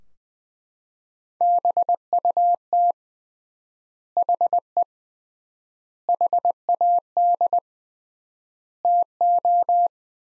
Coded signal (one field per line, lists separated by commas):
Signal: Morse code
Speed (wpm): 21 wpm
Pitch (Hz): 700 Hz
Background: none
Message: BUT HE HAD TO